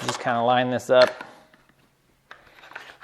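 Someone talks while lining up a plastic Puig handlebar deflector part on its mounting bracket on a 2020 BMW S1000XR, followed by quiet handling with a few light taps and rubs. Nothing has seated or clicked yet; the part is only being lined up before it is pushed in.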